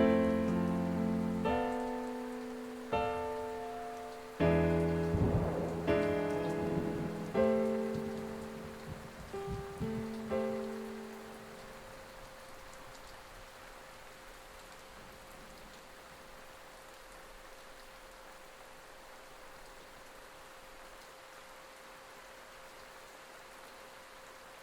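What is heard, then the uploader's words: Soft piano notes ring out one after another over steady rain for the first twelve seconds, each chord left to fade before the next. The piano then falls away, leaving a quiet held tone and the even hiss of rainfall. Thunder & Rain Sounds Magical Piano Music.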